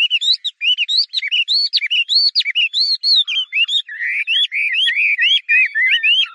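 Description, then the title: Chinese hwamei singing a fast, continuous run of loud, slurred whistled notes, rising and falling sharply, with richer lower phrases toward the end. "画眉鸟的叫声"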